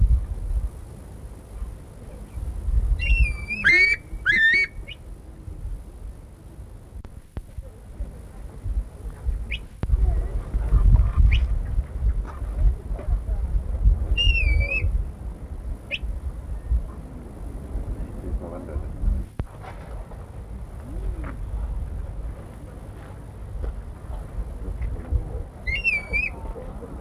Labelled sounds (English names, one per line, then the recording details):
Grey Plover call
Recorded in captivity
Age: adult
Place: Tierpark Berlin, Berlin, DE
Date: 1961-10-07
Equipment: Minifon, Kopie Smaragd
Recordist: Tembrock, Günter